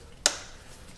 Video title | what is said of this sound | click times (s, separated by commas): Ignition Coil Replacement - Dodge Neon | now when I install them here I want to make sure I hear a good audible click and feel it | 0.3 s